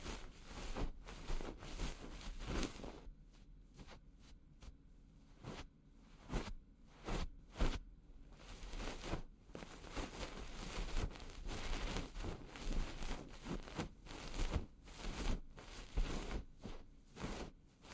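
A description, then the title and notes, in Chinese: Fingers rub and press at the ear in a massage, making soft, crackling scrapes and muffled thumps. The strokes come in quick, irregular bursts, packed densely at first, thinning briefly around the middle, then busy again, with a low rumble underneath. 手指掏耳．梵天．凡士林按摩 | EarMassage | NO Talking。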